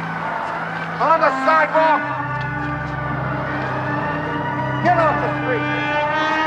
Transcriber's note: soundbite of sirens